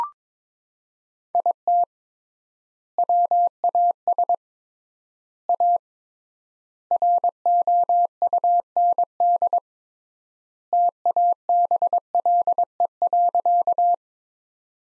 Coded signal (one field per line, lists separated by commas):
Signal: Morse code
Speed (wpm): 21 wpm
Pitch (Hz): 700 Hz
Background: none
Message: IT WAS A ROUND TABLE.